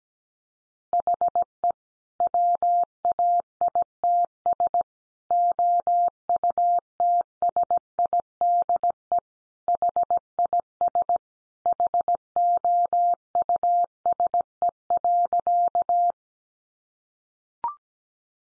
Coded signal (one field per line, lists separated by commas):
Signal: Morse code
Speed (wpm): 17 wpm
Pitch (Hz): 700 Hz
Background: none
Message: HE WAITS OUTSIDE HIS HOUSE.